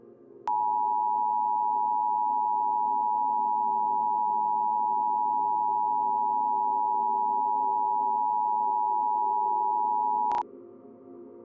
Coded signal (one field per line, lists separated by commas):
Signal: Emergency Alert System (SAME) tones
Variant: 853 and 960 Hz attention tone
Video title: EAS scenario - Las Vegas Enderman invasion (2016) - Part 1